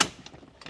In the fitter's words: just click those in.